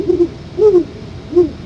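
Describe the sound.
Owl hooting: three short, low, slightly arched hoots, the first doubled, spaced about half a second to a second apart, over a faint steady hiss.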